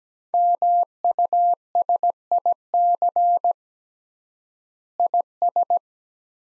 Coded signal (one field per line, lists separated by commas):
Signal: Morse code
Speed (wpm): 17 wpm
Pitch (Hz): 700 Hz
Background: none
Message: MUSIC IS